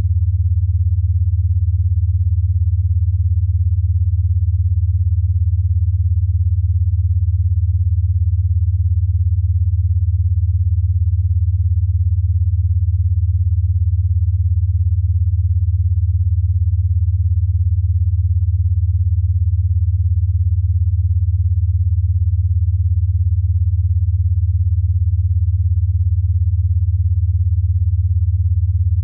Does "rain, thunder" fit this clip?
no